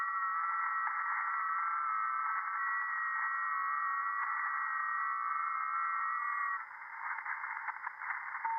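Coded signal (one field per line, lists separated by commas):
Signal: FT8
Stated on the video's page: FT8 received live over the air on 40 m via an NVIS dipole with real ham gear, not an SDR or simulation.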